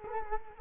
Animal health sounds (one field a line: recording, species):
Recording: mosquito wingbeat signal from an infrared sensor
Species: Culex quinquefasciatus